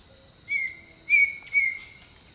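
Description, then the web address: Bird song of three clear whistles, the first sliding down, the last two close together, with insects humming steadily in the background. Jungle setting. "Echoes of Nature - Jungle Talk 01 Jungle Birdsong"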